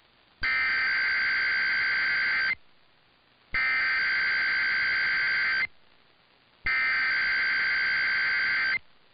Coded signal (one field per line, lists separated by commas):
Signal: Emergency Alert System (SAME) tones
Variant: header bursts